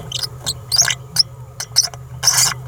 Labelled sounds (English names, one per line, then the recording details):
Green-rumped Parrotlet babbling
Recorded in a nest box in Venezuela
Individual 18B17A3